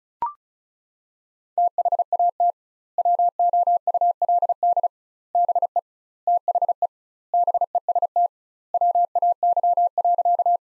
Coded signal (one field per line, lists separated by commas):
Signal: Morse code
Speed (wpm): 36 wpm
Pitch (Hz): 700 Hz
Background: none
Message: THAT WOULD BE THE BEST WAY.